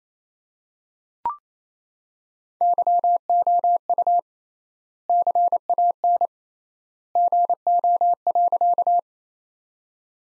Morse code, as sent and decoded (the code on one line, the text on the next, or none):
-.-- --- ..- / -.-. .- -. / --. --- .-.-.-
YOU CAN GO.